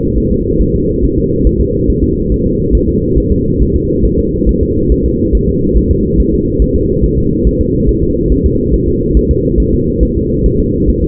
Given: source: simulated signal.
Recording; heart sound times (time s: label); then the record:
fetal heart sounds
0.18 s: S1
0.32 s: S2
0.61 s: S1
0.76 s: S2
1.04 s: S1
1.19 s: S2
1.47 s: S1
1.61 s: S2
1.90 s: S1
2.04 s: S2
2.32 s: S1
2.46 s: S2
2.75 s: S1
2.89 s: S2
3.18 s: S1
3.32 s: S2
3.62 s: S1
3.76 s: S2
4.05 s: S1
4.19 s: S2
4.49 s: S1
4.63 s: S2
4.92 s: S1
5.06 s: S2
5.35 s: S1
5.49 s: S2
5.77 s: S1
5.92 s: S2
6.20 s: S1
6.34 s: S2
6.62 s: S1
6.76 s: S2
7.04 s: S1
7.18 s: S2
7.47 s: S1
7.61 s: S2
7.89 s: S1
8.03 s: S2
8.32 s: S1
8.46 s: S2
8.74 s: S1
8.88 s: S2
9.17 s: S1
9.31 s: S2
9.60 s: S1
9.74 s: S2
10.03 s: S1
10.17 s: S2
10.46 s: S1
10.60 s: S2
10.90 s: S1
11.04 s: S2
From the record:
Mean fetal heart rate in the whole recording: 140 bpm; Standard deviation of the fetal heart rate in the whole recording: 2 bpm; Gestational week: 34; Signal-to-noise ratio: -10.2 dB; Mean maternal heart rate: 72 bpm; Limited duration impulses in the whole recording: present